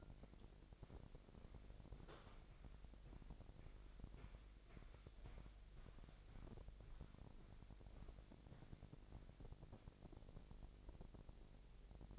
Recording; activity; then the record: daily activity, microphone in the room; walk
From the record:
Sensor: 5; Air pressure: 1001.7 hPa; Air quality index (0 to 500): 183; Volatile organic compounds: 12 ppm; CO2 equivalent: 2350 ppm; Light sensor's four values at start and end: 31/103/39/41 and 31/103/39/41